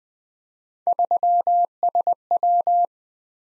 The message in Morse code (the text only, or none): 3SW